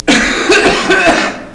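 An adult man gives a quick run of about three harsh, forceful coughs in roughly a second and a half, each a sharp noisy burst fading at the end.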